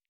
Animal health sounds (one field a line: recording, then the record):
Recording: hydrophone in a shrimp aquaculture tank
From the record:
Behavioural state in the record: stressed